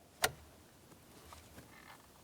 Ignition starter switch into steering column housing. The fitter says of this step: After that audible click, of course, we're going to give it a loving tug here.